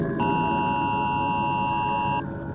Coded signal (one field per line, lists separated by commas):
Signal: Emergency Alert System (SAME) tones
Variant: 853 and 960 Hz attention tone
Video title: NUCLEAR APOCALYPSE (nuclear war eas scenario recreated)